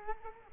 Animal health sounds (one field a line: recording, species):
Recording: mosquito wingbeat signal from an infrared sensor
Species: Culex quinquefasciatus